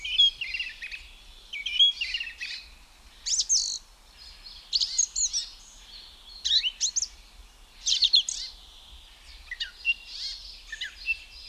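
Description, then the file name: Song Thrush song: a series of brief, varied phrases separated by short gaps. "Zvuki ptic - Pevchij drozd"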